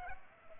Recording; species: mosquito wingbeat signal from an infrared sensor; Culex pipiens